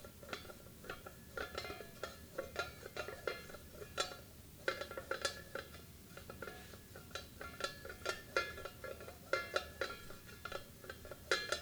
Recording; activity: daily activity, guitar pickup as the sensor; fry